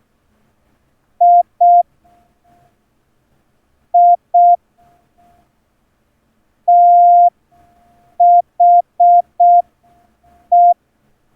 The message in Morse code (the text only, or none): I I THE